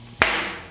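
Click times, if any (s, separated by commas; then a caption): 0.2 s. A tubeless bicycle tire, its rubber bead coated with soapy water, is inflated until the bead pops into place on the rim seat. A single sharp, loud pop is heard at 0.2 s, followed by a bright ringing tail that fades out. The bead is seated on the rim.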